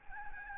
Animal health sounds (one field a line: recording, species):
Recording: mosquito wingbeat signal from an infrared sensor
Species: Aedes albopictus